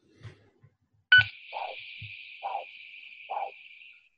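Three regular handheld Doppler pulse whooshes from an adult foot artery, about 65 a minute, with the second phase very hard to hear: not a healthy biphasic signal. A small shoulder or notch on the systolic downstroke can indicate a proximal stenosis, with pathology further up.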